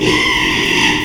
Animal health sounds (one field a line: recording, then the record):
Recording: squeal of a Yucatan mini pig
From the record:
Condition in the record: after surgery on the right vocal fold (resection and tissue-engineered implant)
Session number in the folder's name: 1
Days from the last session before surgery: 6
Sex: male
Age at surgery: 12 weeks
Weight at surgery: 13 kg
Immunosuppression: cyclosporine, prednisolone